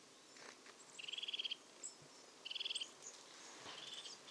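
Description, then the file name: Marsh tit giving two rapid buzzy bursts of call notes about a second apart, with faint chips and thin chirps around them. "Poecile palustris"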